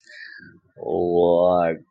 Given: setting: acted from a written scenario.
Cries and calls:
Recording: vocal sound without words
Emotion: shame

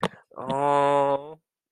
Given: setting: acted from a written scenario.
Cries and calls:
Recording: vocal sound without words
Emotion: adoration

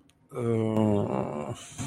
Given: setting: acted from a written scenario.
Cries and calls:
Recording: vocal sound without words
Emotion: guilt

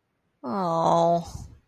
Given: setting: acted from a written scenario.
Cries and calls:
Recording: vocal sound without words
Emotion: disappointment

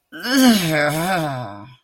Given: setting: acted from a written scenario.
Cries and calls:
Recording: vocal sound without words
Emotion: disgust

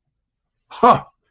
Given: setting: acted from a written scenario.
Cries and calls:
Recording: vocal sound without words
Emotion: triumph

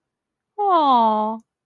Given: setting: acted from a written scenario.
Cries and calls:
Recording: vocal sound without words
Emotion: adoration

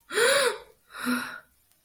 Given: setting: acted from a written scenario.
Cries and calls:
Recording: vocal sound without words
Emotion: negative surprise

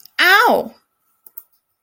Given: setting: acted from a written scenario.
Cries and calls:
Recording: vocal sound without words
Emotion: pain

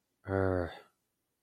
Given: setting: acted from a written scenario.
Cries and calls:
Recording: vocal sound without words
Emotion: anger

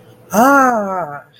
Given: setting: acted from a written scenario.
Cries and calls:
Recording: vocal sound without words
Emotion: interest

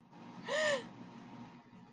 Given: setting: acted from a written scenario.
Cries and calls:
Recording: vocal sound without words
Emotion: fear

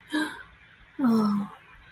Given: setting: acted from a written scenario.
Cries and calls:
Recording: vocal sound without words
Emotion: romantic love

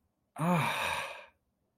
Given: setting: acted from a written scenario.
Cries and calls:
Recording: vocal sound without words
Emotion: pain

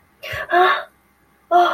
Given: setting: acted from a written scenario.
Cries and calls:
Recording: vocal sound without words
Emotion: fear

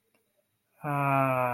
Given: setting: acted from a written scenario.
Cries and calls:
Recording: vocal sound without words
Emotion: contentment

